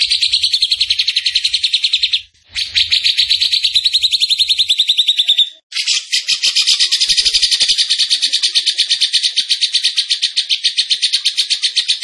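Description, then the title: Bird song with rapid high pulsed trills, interrupted by two short gaps, after which the buzzy rattle carries on strongly to the end. Masteran training recording of a tembakan bird singing energetically (gacor); Indonesia. "Masteran Burung Tembakan Gacor"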